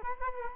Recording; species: mosquito wingbeat signal from an infrared sensor; Culex quinquefasciatus